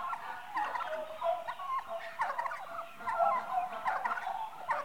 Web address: The BBC Sound Effects Library (Livestock) Turkeys 8 Months Old